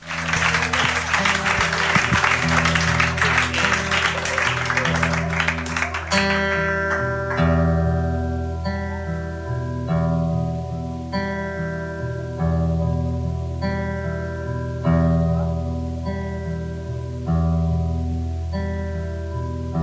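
A live concert crowd in Sweden screams and cheers in a loud, dense roar once they recognise the song, over a steady bass-and-drum groove for about six seconds, then the roar falls away and the music carries on alone.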